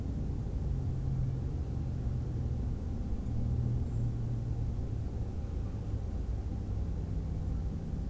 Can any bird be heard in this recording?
no